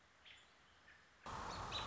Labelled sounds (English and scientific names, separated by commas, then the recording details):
American Robin (Turdus migratorius)
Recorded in Sonoma County, California